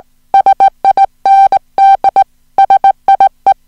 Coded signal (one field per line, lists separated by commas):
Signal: Morse code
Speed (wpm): 18 wpm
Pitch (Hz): 780 Hz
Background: music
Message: SIND SIE